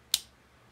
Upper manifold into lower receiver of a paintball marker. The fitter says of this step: hold down that little silver spring-loaded pin and push down into the lower until you hear it click